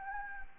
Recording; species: mosquito wingbeat signal from an infrared sensor; Anopheles gambiae